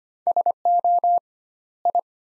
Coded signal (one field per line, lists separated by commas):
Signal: Morse code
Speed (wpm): 25 wpm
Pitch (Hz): 700 Hz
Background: none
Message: SO I